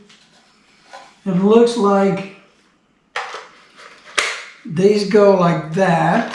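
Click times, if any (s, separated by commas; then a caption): none. Plastic attachments for a Samsung Jet 75 cordless stick vacuum are handled near their plastic storage holder while someone talks, with brief sharp handling knocks around 3.2 s and 4.2 s. Nothing has seated or clicked into the holder yet.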